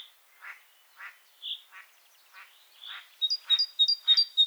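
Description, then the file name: Great tit: rough, nasal notes spaced out for three seconds, then a great tit starts a fast series of high, ringing two-note phrases. "Parus major"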